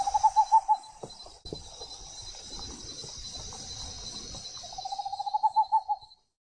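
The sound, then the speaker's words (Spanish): A great horned owl gives two short series of low, steady hoots, separated by a pause, while a thin, continuous insect buzz hums high in the background. “canta lentamente el ñacurutú, solito en la rama”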